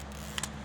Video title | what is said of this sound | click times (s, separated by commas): *AIRSOFT HOBBY* - Modify JMag Review & Testing - Part 1 | mag rotate till it clicks like that | 0.4 s